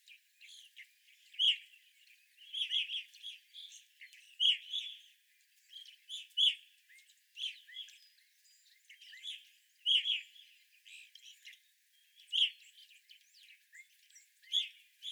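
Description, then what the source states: Evening grosbeaks giving short, burry chirping calls from several birds, louder notes at irregular intervals, with softer overlapping chatter between them. Several evening grosbeaks recorded on 25 April 2021.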